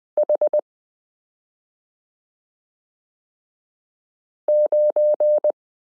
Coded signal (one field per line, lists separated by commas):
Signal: Morse code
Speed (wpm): 20 wpm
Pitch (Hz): 600 Hz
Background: none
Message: H9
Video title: Morse Code Learning Lesson 29 - f (0)zero y (,)comma v g 5 (/)slash q 9 z h 3 8